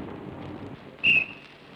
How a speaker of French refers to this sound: Ce sifflet ne m'arrachait plus le cœur.